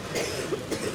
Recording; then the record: coughing mixed with background sound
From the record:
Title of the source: 60 coughing still (deep and wet cough)